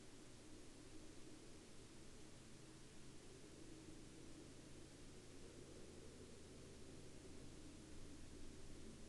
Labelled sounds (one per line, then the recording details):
man-made sound
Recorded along the Dempster Highway, Canada, on 26 April 2019 at 22:37
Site 16